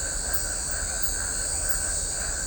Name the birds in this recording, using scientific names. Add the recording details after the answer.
none. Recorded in shrubland near Pivijay, Magdalena, Colombia, on 5 June 2023 at 20:30. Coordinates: 10.453, -74.365. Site P5-G022